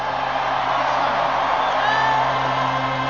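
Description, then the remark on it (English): A large crowd at Wrigley Field in Chicago roars with sustained cheering, whoops and scattered yells during the stretch of a Dodgers game as Ozzy Osbourne leads them; a dense, steady wall of voices that stays loud throughout, with a low hum running underneath. “I want to hear a real, real crazy crowd start singing with me.”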